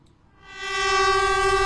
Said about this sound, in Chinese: 在京张铁路青龙桥老站，和谐长城号动车组从经典的人字形轨道上缓缓驶过，山谷间回荡的鸣笛声像是讲述一个久远的故事。